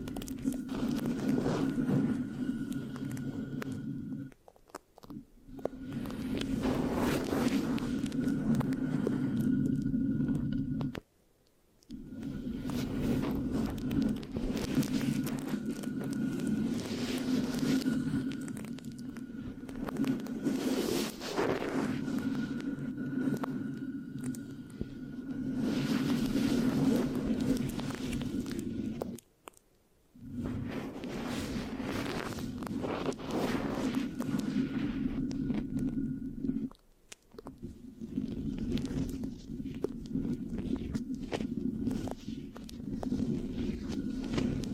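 Dense, continuous scratching on a mic with a sticky, crackly texture and a low rumble, broken by brief silences near 5, 11, 29 and 37 seconds.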